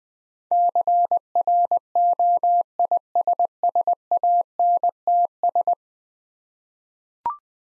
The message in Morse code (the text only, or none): CROISSANTS